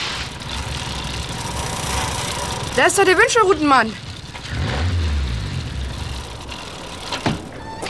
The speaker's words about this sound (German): Wenig später fuhren die 4 TKKG-Freunde in Richtung Stadt zurück. Ein Auto kam ihnen entgegen. Hinter der Windschutzscheibe sah Tarzan einen glänzenden Kahlkopf.